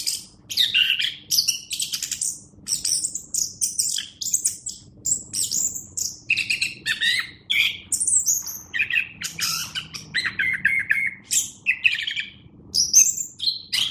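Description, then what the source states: Thrush (anis semang): a long, dense song of rapid chirps, whistles and scratchy notes jumping in pitch, in quick phrases with short gaps, with a faint low hum underneath. Captive bird, kept at a bird shop in Graha Raya, Tangerang.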